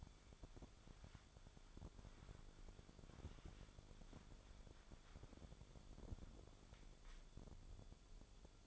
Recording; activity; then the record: daily activity, microphone in the room; wipe stove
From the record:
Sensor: 5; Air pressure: 1015.1 hPa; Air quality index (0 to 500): 156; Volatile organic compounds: 4 ppm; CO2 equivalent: 1683 ppm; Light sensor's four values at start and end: 35/83/34/35 and 35/83/34/36